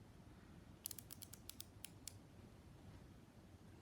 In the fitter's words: you'll actually hear the audible clicking and you've reached as tight as it can go